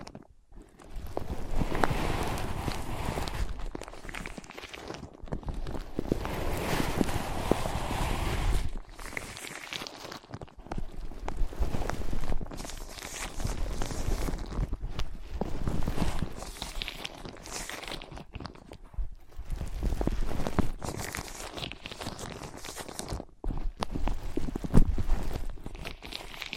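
Ear pads are tapped, scratched and traced in dense, uneven bursts of rubbing and knocking, with brief quiet gaps near nine and twenty-three seconds.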